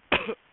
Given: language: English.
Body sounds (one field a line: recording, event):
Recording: throat vibration sensor signal played as sound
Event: cough